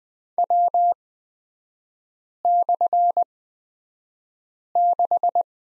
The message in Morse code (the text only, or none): W/6